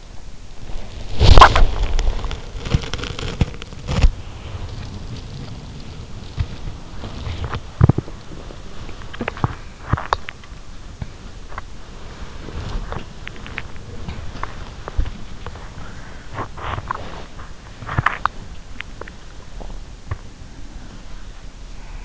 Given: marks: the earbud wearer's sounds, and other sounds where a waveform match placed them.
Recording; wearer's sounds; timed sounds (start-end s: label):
sounds in sleep by an in-ear microphone; body movement
0.00-22.05 s: body movement